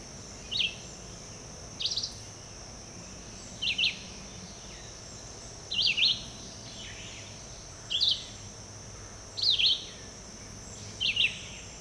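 Red-eyed vireo: terse whistled phrases, rising or dropping, delivered every one to two seconds over a steady high hum.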